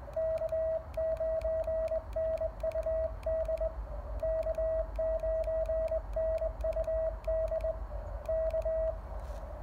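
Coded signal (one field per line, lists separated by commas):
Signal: Morse code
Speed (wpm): 20 wpm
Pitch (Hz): 640 Hz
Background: radio noise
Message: K9NUD K9NUD K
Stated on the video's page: Park activation worked with a cootie key: Elecraft KX1 and KXPD1 paddles in cootie mode, a home-brew end-fed half-wave antenna, and a DSP filter.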